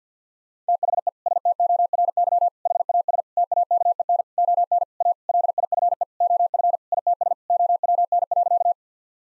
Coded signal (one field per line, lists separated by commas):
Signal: Morse code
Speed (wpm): 50 wpm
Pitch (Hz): 700 Hz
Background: none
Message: THE STORY HAS TAKEN ON A LIFE OF ITS OWN.